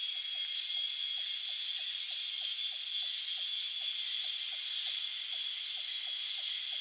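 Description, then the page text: Plain sunbird calling with six high, clipped chirps at uneven intervals, one noticeably louder, against a constant shrill background drone. "Plain Sunbird Calls. Quick Sounds library"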